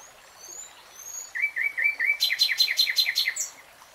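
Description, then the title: Nightingale singing: soft thin whistles, a row of short piping notes, then a fast rattling trill and a final high note. Real-time recording. "[Tiếng chim hót] Nightingale Singing"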